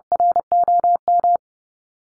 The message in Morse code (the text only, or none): ROM